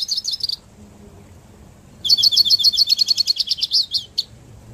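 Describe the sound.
Hooded siskin singing a brief high twitter, then after a pause a longer fast run of repeated notes that ends abruptly.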